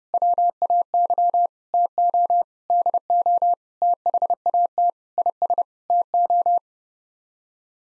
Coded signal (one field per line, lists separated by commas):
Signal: Morse code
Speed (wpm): 32 wpm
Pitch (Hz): 700 Hz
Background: none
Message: WAY TO DO THAT IS TO